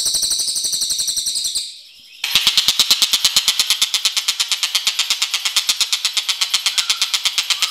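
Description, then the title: Bird song: high buzzy trill over rapid chirps, a brief near-silent gap, then loud rapid chirps. "SUARA BURUNG"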